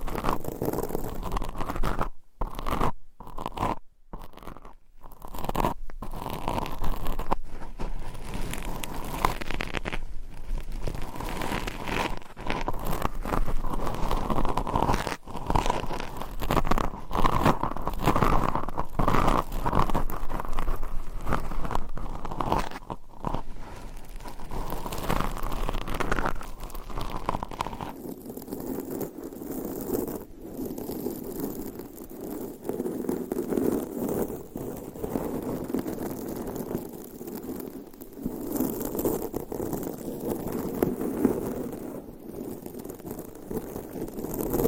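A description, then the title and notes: Dense scratching on a microphone, a continuous rough crunching with brief silent gaps early on. Around the halfway mark the texture shifts lower and duller, the scraping becoming softer and more muffled while staying steady through the end. ASMR Mic Scratching - Brain Scratching Hypnotic Asmr No Talking for Sleep with Long Nails.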